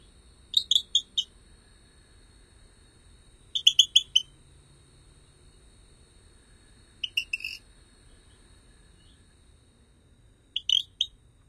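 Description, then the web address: Rio Grande chirping frog giving short bursts of high, clicking chirps, three to five quick notes per burst, bursts every three to four seconds, in quiet surroundings. North America. "Songs of Frogs Toads of North America -Rio Grande Chirping Frog"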